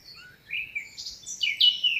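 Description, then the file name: Eurasian blackcap song fragment: scratchy, warbled phrases, loudest near the end with a bright whistled note. "Sylvia atricapilla"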